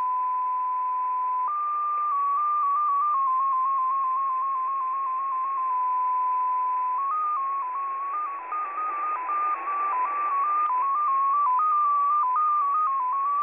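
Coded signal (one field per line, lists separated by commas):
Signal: multi-tone FSK (Olivia or MFSK type)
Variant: XPA2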